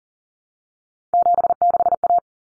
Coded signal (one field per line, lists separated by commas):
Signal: Morse code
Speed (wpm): 40 wpm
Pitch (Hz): 700 Hz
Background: none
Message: 76A